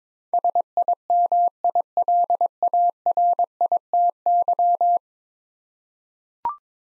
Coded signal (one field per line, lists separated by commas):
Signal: Morse code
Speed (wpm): 22 wpm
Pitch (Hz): 700 Hz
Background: none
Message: SIMILARITY